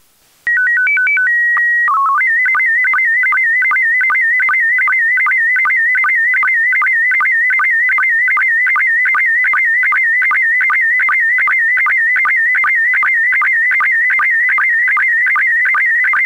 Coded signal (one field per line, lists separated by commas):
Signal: SSTV (slow-scan television)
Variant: PD 50